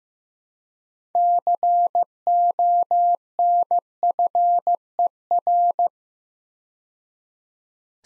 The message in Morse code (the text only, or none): CONFER